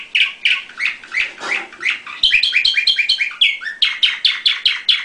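Canary song: rapid rolling trills of bright chirps, shifting between phrases, with faint clicks below.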